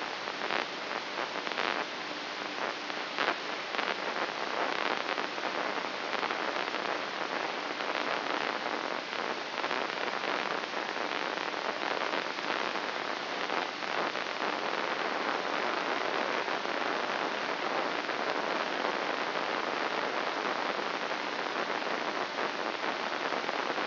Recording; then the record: brain microelectrode recording played as sound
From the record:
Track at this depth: outside the subthalamic nucleus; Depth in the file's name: 3.044 mm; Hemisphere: left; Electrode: 3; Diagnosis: Parkinson's disease